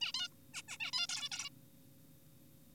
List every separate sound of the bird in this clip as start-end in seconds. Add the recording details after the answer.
0.01-0.12, 0.14-0.28, 0.54-0.62, 0.68-0.77, 0.80-0.91, 0.93-1.07, 1.09-1.29, 1.31-1.50. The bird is an adult. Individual g4p5U